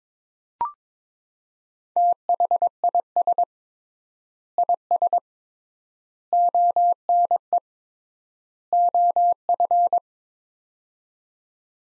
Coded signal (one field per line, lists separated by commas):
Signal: Morse code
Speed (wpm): 21 wpm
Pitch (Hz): 700 Hz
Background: none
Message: THIS IS ONE OF